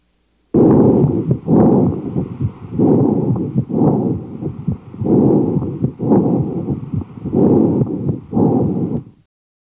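Loud, harsh, hollow breath sounds heard over the chest of an adult with pneumonia, about four breaths over nine seconds, with heart sounds also audible beneath: bronchial breathing.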